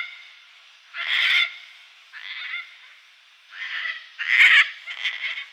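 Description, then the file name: Gang-gang cockatoo calling with rough, creaky screeches in irregular bursts, louder ones mixed with quieter scratchy notes. "gangang cockatoo"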